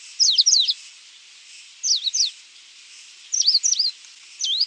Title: LuckyPassaro Completos2Sama. Coal-crested Finch (Charitospiza eucosma)